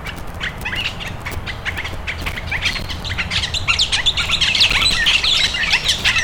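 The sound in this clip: Birds chirping in a busy chorus, short sharp high notes tumbling quickly and growing louder toward the end, over a low steady rumble.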